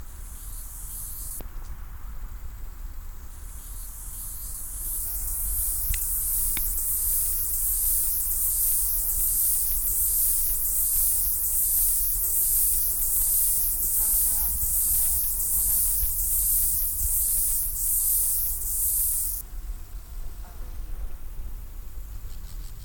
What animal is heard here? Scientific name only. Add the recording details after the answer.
Stenobothrus lineatus. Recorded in the wild. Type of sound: stridulation. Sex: male. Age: imago. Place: Groß Schönebeck, Schorfheide, Brandenburg, DE. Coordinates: 52.91, 13.53. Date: 1996-08-02 16:00. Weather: heiter, 22°C. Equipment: Sony MD-WM MZ-R3, Sennheiser ME 80, Kopie Uher 4000 Report Monitor. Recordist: Tembrock, Günter. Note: Männchen (allein): eine Strophe